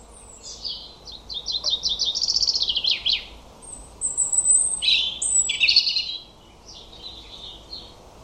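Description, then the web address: European robin song: thin, high warbling phrases with quick trills and sudden jumps in pitch, ending in softer notes. "Deverinetal 2025 File origin Bird Only Er Ru"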